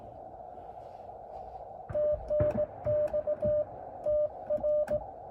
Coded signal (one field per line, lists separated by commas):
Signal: Morse code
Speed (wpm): 18 wpm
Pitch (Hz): 600 Hz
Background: music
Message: TNX TR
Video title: First QRP CW POTA activation in a new park: Elecraft KX2 & K6ARK random wire. Albany Nursery WMA!